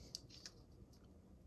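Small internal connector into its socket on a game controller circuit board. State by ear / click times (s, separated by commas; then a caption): not seated / none. A small internal connector is handled over its socket on a game controller circuit board, lined up and pressed down by finger rather than forced. Light ticks and brief sharp transients are heard over a quiet background, but nothing has seated or snapped home yet.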